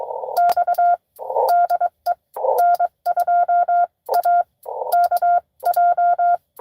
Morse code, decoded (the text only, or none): X DE N2AKJ